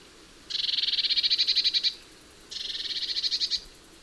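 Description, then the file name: Eurasian blue tit churring twice, each scolding rattle a fast run of harsh ticks about a second long, separated by a short quiet gap. "Cyanistes caeruleus"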